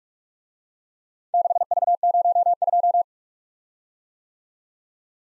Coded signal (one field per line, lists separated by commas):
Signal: Morse code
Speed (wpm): 44 wpm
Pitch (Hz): 700 Hz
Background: none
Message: 6V02